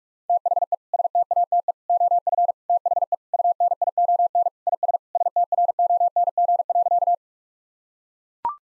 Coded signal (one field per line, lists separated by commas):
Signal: Morse code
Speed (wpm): 42 wpm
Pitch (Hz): 700 Hz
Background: none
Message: THE STATE OF THE UNION IS STRONG.